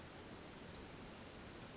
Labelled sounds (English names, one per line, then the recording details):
Western Flycatcher
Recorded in Sonoma County, California